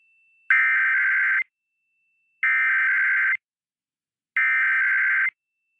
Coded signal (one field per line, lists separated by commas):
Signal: Emergency Alert System (SAME) tones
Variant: header bursts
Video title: Overnight Monthly and Weekly Tests (EAS #462-480) 6/25-26/24